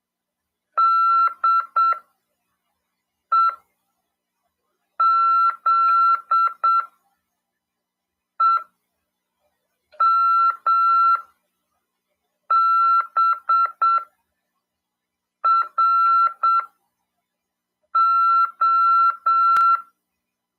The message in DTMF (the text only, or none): none